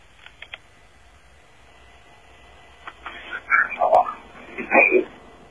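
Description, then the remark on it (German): A few faint clicks, then a tinny, narrow-band recorded voice played from a cassette recorder into a telephone handset, coming through in short muffled bursts over a low hiss. “Ja, ich kann den Hörer an den Lautsprecher des Kassettenrekorders halten.”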